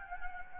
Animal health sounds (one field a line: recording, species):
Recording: mosquito wingbeat signal from an infrared sensor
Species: Anopheles gambiae